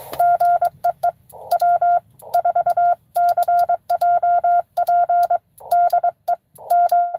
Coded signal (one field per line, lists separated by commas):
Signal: Morse code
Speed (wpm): 23 wpm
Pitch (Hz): 700 Hz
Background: none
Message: GE E W4CJP DE M